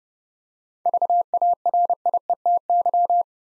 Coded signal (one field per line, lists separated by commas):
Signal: Morse code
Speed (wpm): 30 wpm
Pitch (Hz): 700 Hz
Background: none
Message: VARIETY